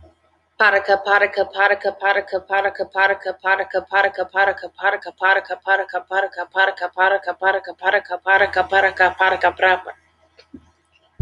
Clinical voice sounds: repeated syllables /pa ta ka/; female; 20 to 29 years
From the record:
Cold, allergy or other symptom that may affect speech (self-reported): no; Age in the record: 29 years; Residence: Florida, United States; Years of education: 13

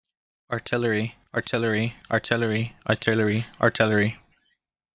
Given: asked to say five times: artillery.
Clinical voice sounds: repeated word; male; 30 to 39 years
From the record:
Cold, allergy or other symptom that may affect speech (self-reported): no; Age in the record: 30 years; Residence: California, United States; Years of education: 16

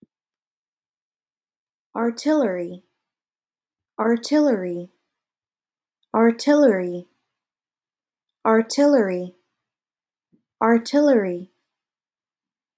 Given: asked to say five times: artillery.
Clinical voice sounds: repeated word; female; 20 to 29 years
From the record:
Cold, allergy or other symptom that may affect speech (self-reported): no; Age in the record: 25 years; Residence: California, United States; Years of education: 16

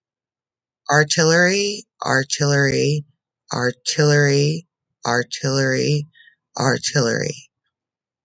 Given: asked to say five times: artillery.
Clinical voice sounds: repeated word; female; 30 to 39 years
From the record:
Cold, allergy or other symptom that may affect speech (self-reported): no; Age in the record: 36 years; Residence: North Carolina, United States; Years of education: 16

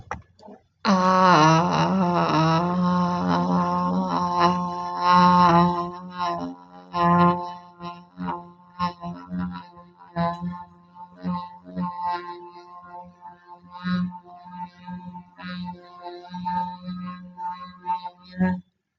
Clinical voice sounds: vowel held as long as possible; female; 20 to 29 years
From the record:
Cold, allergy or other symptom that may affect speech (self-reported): no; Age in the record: 25 years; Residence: Indiana, United States

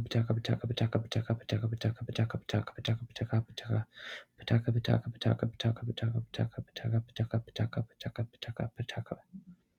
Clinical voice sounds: repeated syllables /pa ta ka/; male; 20 to 29 years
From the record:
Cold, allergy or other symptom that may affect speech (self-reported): no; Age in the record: 27 years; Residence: District of Columbia, United States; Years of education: 16

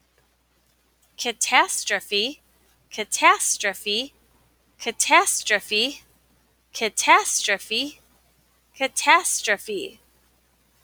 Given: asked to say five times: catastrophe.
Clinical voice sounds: repeated word; female; 40 to 49 years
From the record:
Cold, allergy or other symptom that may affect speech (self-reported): no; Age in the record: 41 years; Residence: Wisconsin, United States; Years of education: 19

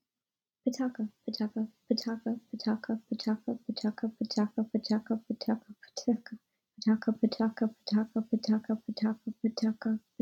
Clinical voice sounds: repeated syllables /pa ta ka/; female; 20 to 29 years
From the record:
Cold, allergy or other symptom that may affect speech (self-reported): no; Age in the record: 20 years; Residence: Maryland, United States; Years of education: 14

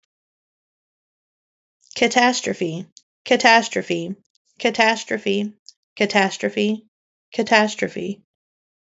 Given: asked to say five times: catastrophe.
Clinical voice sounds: repeated word; female; 30 to 39 years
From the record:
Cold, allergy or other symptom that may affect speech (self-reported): no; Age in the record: 38 years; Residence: United States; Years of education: 14

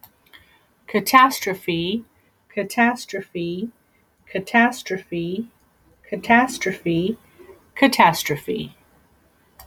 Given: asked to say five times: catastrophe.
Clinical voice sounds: repeated word; female; 40 to 49 years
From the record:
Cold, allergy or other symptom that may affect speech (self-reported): no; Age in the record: 46 years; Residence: California, United States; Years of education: 13

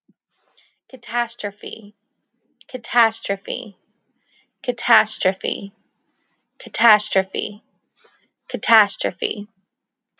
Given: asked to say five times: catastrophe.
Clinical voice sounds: repeated word; female; 30 to 39 years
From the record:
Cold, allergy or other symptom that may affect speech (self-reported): no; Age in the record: 35 years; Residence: Georgia, United States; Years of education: 16

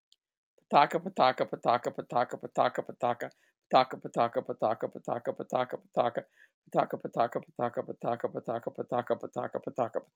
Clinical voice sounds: repeated syllables /pa ta ka/; female; 60 to 69 years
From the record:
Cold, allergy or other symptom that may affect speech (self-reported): no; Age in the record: 60 years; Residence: Illinois, United States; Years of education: 20

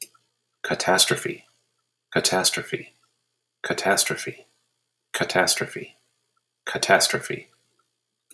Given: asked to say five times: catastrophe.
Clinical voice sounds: repeated word; male; 40 to 49 years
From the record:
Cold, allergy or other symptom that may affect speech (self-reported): no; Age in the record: 45 years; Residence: Massachusetts, United States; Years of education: 16

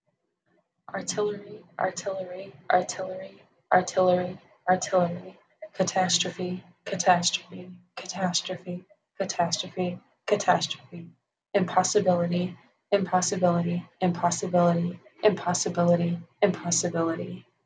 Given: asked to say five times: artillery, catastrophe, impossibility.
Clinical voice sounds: three words, each repeated; female; 30 to 39 years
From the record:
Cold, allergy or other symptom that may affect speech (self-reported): yes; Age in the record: 38 years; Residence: California, United States

